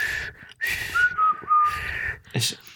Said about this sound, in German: Ich kann gar nicht mehr pfeifen.